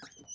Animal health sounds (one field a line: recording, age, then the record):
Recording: pig call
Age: piglet (1 to 25 days)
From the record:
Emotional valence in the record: negative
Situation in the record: long isolation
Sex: male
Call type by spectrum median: high-frequency call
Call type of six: high-frequency stable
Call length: 0.35 s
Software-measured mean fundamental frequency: 291 Hz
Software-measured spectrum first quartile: 1430 Hz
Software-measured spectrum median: 4996 Hz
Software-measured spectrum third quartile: 6511 Hz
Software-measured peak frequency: 6123 Hz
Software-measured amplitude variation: 192 dB a second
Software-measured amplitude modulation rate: 14.2 a second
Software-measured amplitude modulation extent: 13.5 dB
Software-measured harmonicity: 12.7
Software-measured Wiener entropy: -3.70